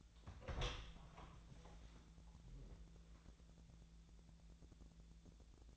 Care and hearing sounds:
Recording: daily activity, microphone in the room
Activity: open door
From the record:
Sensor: 3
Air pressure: 1000.4 hPa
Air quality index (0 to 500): 176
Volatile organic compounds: 3 ppm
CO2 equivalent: 1529 ppm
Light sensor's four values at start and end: 13/31/13/14 and 13/32/13/14

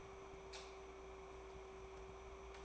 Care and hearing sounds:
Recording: daily activity, microphone in the room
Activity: light off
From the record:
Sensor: 1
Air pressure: 1010.3 hPa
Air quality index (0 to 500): 171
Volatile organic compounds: 12 ppm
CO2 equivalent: 2357 ppm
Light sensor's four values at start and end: 57/150/61/77 and 54/141/58/74

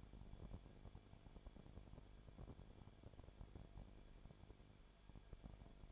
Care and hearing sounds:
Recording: daily activity, microphone in the room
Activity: no activity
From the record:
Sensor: 5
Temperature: 19.8 degrees Celsius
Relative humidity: 33.2%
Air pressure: 1001.4 hPa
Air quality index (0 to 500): 32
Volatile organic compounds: 1 ppm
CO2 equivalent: 526 ppm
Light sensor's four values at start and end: 2/3/1/1 and 2/3/1/1

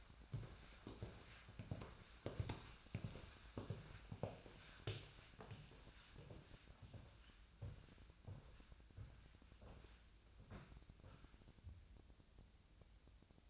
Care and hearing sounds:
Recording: daily activity, microphone in the room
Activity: walk to room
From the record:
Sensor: 2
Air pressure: 1009.9 hPa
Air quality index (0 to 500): 177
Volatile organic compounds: 10 ppm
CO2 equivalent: 2215 ppm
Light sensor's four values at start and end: 34/85/36/40 and 35/87/37/41

